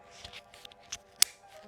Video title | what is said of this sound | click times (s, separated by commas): You're Putting on Your Motorcycle Helmet Wrong... | you hear that click, and you can feel it and feel that they're combined. | 1.2 s